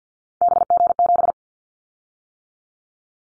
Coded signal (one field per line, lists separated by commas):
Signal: Morse code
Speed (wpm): 50 wpm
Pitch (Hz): 700 Hz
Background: none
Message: BG7